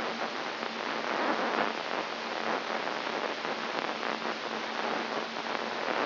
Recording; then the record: brain microelectrode recording played as sound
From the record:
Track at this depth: inside the subthalamic nucleus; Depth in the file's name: 3.542 mm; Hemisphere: right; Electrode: 3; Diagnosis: Parkinson's disease